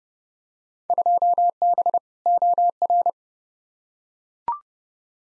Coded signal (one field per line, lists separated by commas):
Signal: Morse code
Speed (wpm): 30 wpm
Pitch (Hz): 700 Hz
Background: none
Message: 2B OR